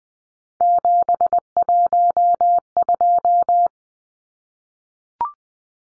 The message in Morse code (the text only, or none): 712